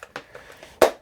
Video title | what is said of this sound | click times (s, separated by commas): Spin Master Batwing from 89 Batman 85th Anniversary | Oh, nope. All right, there you go. Has to snap in there just like that. | 0.8 s